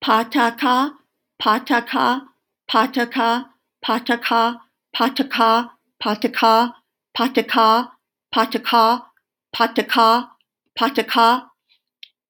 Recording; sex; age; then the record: repeated syllables /pa ta ka/; female; 60 to 69 years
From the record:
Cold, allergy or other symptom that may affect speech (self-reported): no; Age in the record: 62 years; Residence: Colorado, United States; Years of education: 16